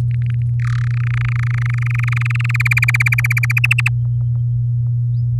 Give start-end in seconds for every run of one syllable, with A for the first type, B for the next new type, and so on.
0.11-0.42 A, 0.59-0.88 B, 0.91-2.51 C, 2.54-3.52 D, 3.56-3.89 E